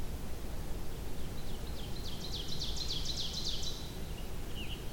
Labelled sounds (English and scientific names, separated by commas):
Ovenbird (Seiurus aurocapilla) song